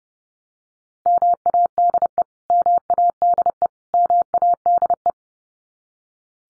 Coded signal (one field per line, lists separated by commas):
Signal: Morse code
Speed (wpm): 30 wpm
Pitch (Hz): 700 Hz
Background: none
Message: MADE MADE MADE